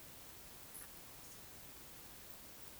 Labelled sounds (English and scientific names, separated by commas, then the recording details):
Eurasian Woodcock (Scolopax rusticola) whistle
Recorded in Baden-Württemberg, Germany, on 11 June 2021 at 20:24 UTC
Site 24606, 635 m above sea level